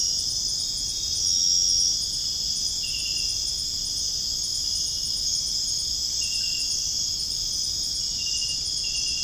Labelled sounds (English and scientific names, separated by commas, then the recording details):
none
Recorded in dense forest near Puerto Asís, Putumayo, Colombia, on 22 June 2025 at 22:30
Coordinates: 0.481, -76.323
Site G072